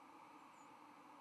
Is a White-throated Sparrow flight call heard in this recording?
yes